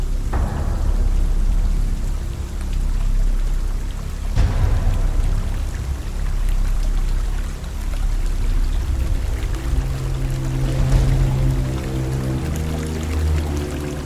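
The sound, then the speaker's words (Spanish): Heavy rain pours down over the steady roar of a furious, rushing river at a bridge below a hill, a dense, unbroken wash of sound; a low droning hum rises beneath it in the second half. “El cerro no parecía tan alto desde donde nos encontrábamos junto al puente, pero sin duda nos esperaba una dura subida entre el fango, el agua y el viento, que seguramente conforme ascendiéramos sería más fuerte y peligroso.”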